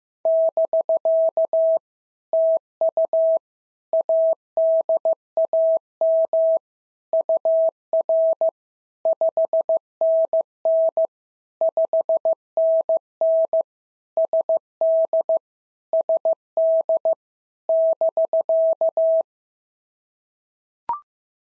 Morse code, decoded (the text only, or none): <BK> TU ADAM UR 5NN 5NN SD SD <BK>